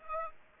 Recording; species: mosquito wingbeat signal from an infrared sensor; Aedes aegypti